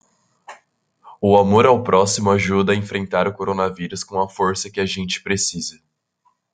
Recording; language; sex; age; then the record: spoken sentence; Brazilian Portuguese; male; 20 to 29 years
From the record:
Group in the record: control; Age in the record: 20 years